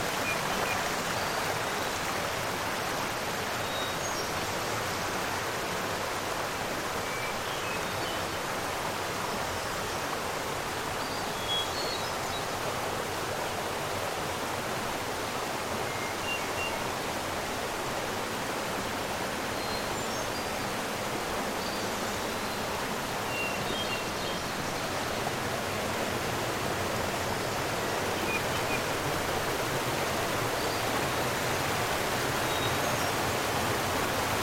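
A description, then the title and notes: A mountain stream rushes steadily over falls and pools, a dense, even roar that fills the low and middle range without letup. Faint, brief bird chirps surface now and then high above the water, scattered through the whole stretch. Pools, falls, and birds of a Catskill Mtn stream. In early summer there are enough rocks sticking out so walking up it is possible, as the stream has settled from its spring torrent.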